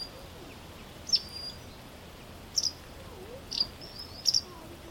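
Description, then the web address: White wagtail calls, four short, sharp high chirps at uneven intervals against a soft steady hiss. "linnut vastarakki"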